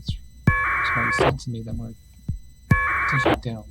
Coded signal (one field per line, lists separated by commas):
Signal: packet radio (AX.25, as in APRS)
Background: speech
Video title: K3BWA Winlink Off grid - Part 2